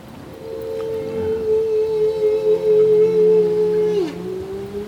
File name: HUMPBACK WHALE SONG